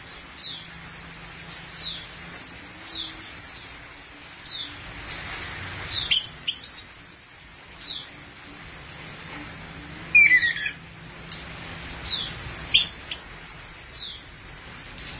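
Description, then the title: Thrush song: long, high, thin whistled phrases that waver and slur, with short sharp notes and steady descending chirps repeated underneath. "burung anis x"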